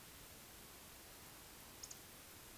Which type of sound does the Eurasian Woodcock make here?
whistle, croak